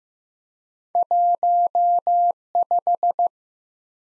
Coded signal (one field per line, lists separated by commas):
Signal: Morse code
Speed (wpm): 15 wpm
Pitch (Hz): 700 Hz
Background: none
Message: 15